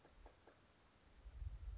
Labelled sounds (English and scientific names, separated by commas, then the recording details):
Western Flycatcher (Empidonax difficilis)
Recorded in Sonoma County, California